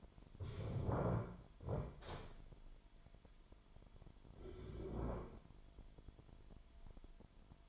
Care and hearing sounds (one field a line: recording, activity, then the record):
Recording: daily activity, microphone in the room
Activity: stand up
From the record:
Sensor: 5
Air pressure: 998.6 hPa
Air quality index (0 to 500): 88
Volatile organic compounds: 2 ppm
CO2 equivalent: 1015 ppm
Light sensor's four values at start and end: 33/81/33/37 and 33/81/33/37